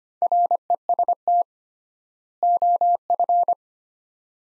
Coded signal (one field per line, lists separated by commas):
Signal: Morse code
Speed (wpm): 25 wpm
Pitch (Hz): 700 Hz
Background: none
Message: REST OF